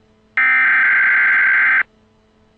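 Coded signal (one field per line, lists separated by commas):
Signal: Emergency Alert System (SAME) tones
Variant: header bursts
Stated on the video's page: Recreated EAS alert for an Amber Alert in Maryland.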